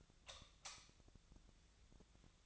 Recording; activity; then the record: daily activity, microphone in the room; light off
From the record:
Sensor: 3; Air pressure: 1009.8 hPa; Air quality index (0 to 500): 189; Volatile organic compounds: 14 ppm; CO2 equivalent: 2466 ppm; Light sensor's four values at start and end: 46/119/50/52 and 39/98/42/45